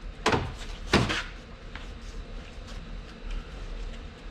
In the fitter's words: push them in you'll hear them snap